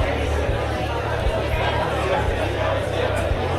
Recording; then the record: background sound without coughing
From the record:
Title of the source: CITY SOUNDS Busy Bar in the Evening Night - 2 HOURS of Ambiance for Relaxation